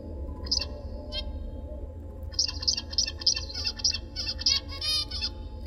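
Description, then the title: Oriental magpie-robin singing two brief opening notes, a pause, then a fast run of ringing high notes about every third of a second, over low continuous hum. "Kicau Kacer"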